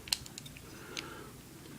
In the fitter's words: Et on finit tout par se clipser parfaitement.